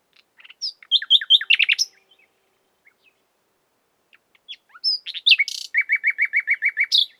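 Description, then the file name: Common nightingale song in two phrases, each of whistled and sharp notes, the second ending in a rhythmic series of about eight loud repeated notes. "Luscinia megarhynchos"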